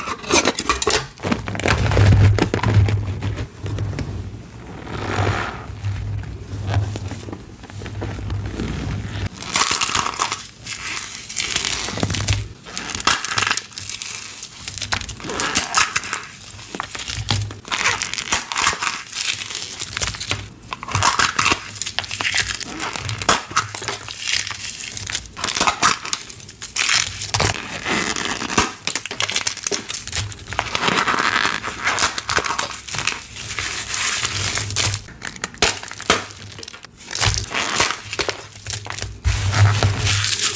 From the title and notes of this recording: Crushing eggs with confetti inside, eggs covered in squeaky cornstarch powder, and a powdery gym chalk slab crumble.